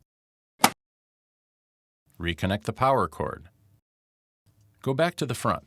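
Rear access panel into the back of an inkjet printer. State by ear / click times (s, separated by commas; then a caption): seated / 0.6 s. The plastic rear access panel of an HP Officejet 6500a Plus e-All-in-One Printer (E710n), its right-side tabs set into the printer's slots, is pushed forward until it snaps into place with a single sharp click at 0.6 s. Afterward, someone talks. The panel is seated.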